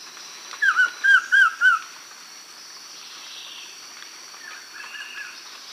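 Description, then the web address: Collared trogon song: four short mellow notes given quickly in a row, then quiet with faint calls in the background. Recorded in Ecuador. "Natures Songs S America Birds of Ecuador Collared Trogon"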